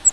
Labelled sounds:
Grace's Warbler flight call

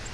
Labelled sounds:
Virginia's Warbler flight call

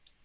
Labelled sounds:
Black-throated Green Warbler flight call

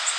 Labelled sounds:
Golden-cheeked Warbler flight call

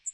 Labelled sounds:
Magnolia Warbler flight call

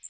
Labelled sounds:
Magnolia Warbler flight call

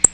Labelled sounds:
Black-throated Blue Warbler flight call

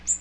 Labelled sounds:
Magnolia Warbler flight call

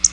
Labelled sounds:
Black-throated Blue Warbler flight call

